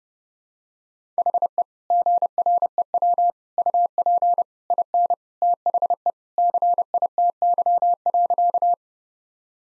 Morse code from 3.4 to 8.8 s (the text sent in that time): UP IN THE CITY.